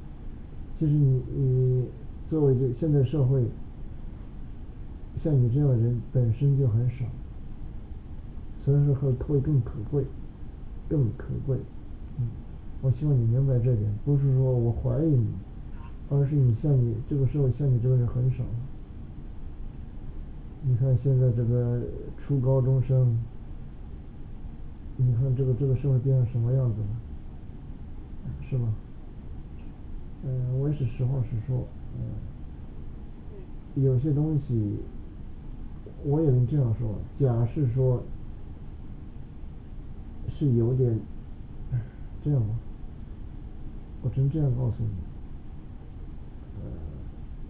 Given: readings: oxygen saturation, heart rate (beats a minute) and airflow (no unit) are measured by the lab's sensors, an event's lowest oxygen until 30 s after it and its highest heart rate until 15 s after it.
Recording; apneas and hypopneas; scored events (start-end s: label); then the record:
a person awake in a sleep study, by a smartphone at the bedside; none
0.00-47.50 s: awake
From the record:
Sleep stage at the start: awake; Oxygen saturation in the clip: 95 to 96%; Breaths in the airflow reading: 11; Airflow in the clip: -4.7 to 5.2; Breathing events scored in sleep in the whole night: 216 in 7.0 hours asleep